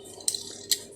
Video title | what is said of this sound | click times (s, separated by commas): TUTORIAL SERVICE MAGIC COM TANPA GANTI SPAREPART!!! SEMUA PASTI BISA ( NASI GOSONG) | udah klik play seperti itu ya rata | 0.3 s